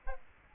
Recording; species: mosquito wingbeat signal from an infrared sensor; Aedes albopictus